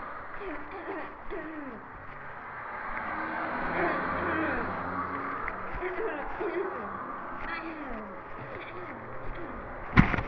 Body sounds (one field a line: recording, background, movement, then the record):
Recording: throat clearing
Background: traffic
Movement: walking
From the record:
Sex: female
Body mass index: 18.3 kg/m2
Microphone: on the chest, facing the body